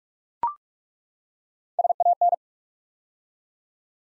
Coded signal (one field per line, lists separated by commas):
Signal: Morse code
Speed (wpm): 44 wpm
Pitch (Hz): 700 Hz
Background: none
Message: SAN